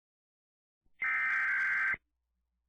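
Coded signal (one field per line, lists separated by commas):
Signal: Emergency Alert System (SAME) tones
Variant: header bursts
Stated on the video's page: Fictional EAS scenario about overpopulating rattlesnakes, not a real alert.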